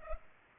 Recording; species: mosquito wingbeat signal from an infrared sensor; Culex pipiens